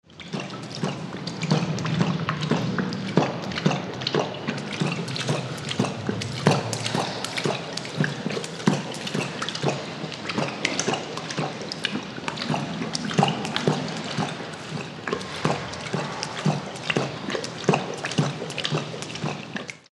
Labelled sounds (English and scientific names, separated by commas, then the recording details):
Tiger (Panthera tigris)
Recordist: Tembrock, Günter
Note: Trinkgeräusche